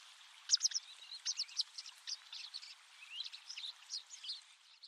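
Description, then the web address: Bird chirping: faint, rapid chattering twitters running continuously with slight rises and falls, over soft background hiss. "Bird Only"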